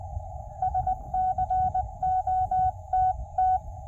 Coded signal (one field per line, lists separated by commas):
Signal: Morse code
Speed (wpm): 20 wpm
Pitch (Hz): 740 Hz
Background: none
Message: SCOTT